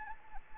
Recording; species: mosquito wingbeat signal from an infrared sensor; Anopheles arabiensis